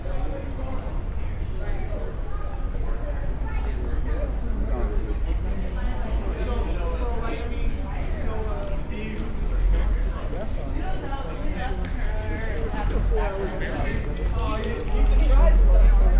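Walking through an occupied protest zone, with several voices talking and overlapping murmur from people. A steady low rumble runs underneath throughout, swelling near the end, and the voices keep shifting as the walker moves along.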